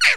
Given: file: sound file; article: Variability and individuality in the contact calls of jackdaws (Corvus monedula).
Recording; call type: jackdaw call; noisy